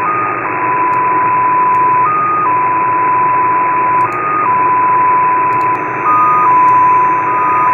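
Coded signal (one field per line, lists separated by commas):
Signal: numbers station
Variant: XPA2 MFSK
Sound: a steady tone in hiss, briefly stepping higher about every two seconds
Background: radio static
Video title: XPA2 7684kHz 16:20 UTC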